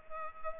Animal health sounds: mosquito wingbeat signal from an infrared sensor; Culex pipiens

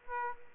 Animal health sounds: mosquito wingbeat signal from an infrared sensor; Aedes aegypti

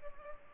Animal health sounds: mosquito wingbeat signal from an infrared sensor; Culex pipiens

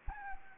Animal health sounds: mosquito wingbeat signal from an infrared sensor; Anopheles arabiensis

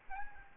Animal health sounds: mosquito wingbeat signal from an infrared sensor; Aedes albopictus

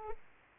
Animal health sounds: mosquito wingbeat signal from an infrared sensor; Anopheles arabiensis

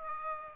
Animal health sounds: mosquito wingbeat signal from an infrared sensor; Aedes aegypti

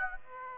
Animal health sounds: mosquito wingbeat signal from an infrared sensor; Aedes aegypti

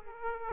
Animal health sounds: mosquito wingbeat signal from an infrared sensor; Aedes aegypti

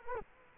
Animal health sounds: mosquito wingbeat signal from an infrared sensor; Culex quinquefasciatus

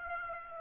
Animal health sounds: mosquito wingbeat signal from an infrared sensor; Aedes aegypti

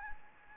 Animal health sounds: mosquito wingbeat signal from an infrared sensor; Anopheles gambiae

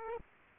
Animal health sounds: mosquito wingbeat signal from an infrared sensor; Aedes aegypti

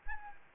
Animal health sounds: mosquito wingbeat signal from an infrared sensor; Anopheles arabiensis

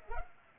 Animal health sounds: mosquito wingbeat signal from an infrared sensor; Culex pipiens

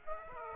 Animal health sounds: mosquito wingbeat signal from an infrared sensor; Aedes aegypti

